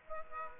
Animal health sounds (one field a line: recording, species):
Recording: mosquito wingbeat signal from an infrared sensor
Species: Aedes aegypti